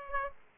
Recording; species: mosquito wingbeat signal from an infrared sensor; Aedes aegypti